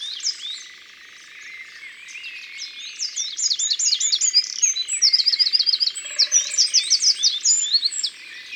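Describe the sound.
Eurasian wren song, softer twittering and then a loud rapid outpouring of high trills and sharp repeated notes from about three seconds on.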